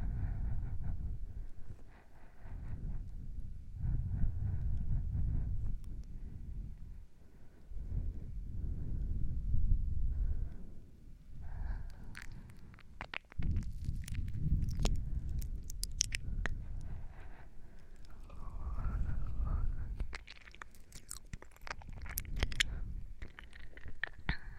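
Breathing sounds, a slow cycle of low, soft rushing swells that rise and fade every few seconds. After about twelve seconds sharper clicks and brief crackling ticks join in, scattered irregularly, with a faint hum running underneath.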